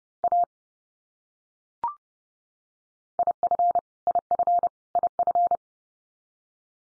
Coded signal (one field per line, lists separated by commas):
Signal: Morse code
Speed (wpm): 30 wpm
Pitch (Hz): 700 Hz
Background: none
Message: A IF IF IF